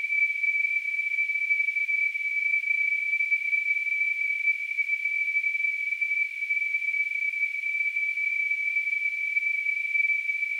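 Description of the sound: A steady, unbroken high-pitched whistle sits over a faint airy hiss and holds the same pitch and loudness throughout. This is a simulation of tonal tinnitus, the constant ringing tone heard in the ears with no outside source.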